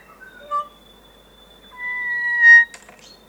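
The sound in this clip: Kokako song: slow, pure organ-like notes, a few short tones, then a long sustained steady whistle, swelling toward the end.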